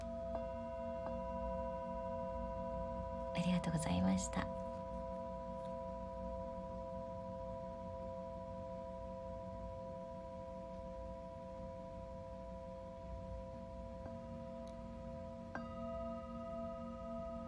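A Tibetan singing bowl hums with steady, layered ringing tones throughout, interrupted briefly around four seconds by a short burst of voice-like sound.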